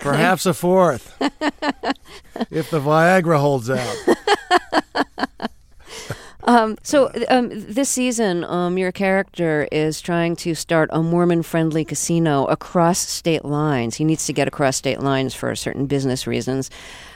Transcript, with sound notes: Perhaps a fourth, if the Viagra holds out.
(Soundbite of laughter)
So this season, your character is trying to start a Mormon-friendly casino across state lines. He needs to get across state lines for certain business reasons.